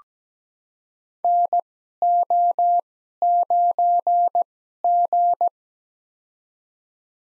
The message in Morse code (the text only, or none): NO9G